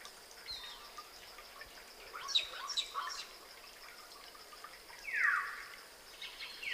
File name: Gracula religiosa